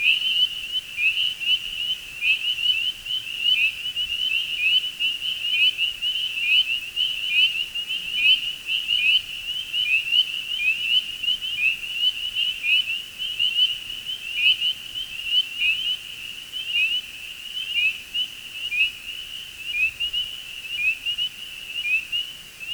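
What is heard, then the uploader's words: Spring peepers call in a dense, unbroken chorus, their high whistle-like peeps overlapping into a steady shimmering band. Individual notes pulse rapidly and regularly throughout, with a faint low rumble underneath and no other distinct sounds standing out. This delicate whistle-like call is one of my favorite sounds on earth. Recorded by Neal Johnson.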